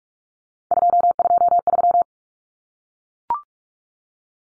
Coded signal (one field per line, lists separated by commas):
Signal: Morse code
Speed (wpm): 44 wpm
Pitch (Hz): 700 Hz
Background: none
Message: 223